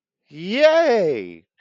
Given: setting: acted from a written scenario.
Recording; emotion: vocal sound without words; elation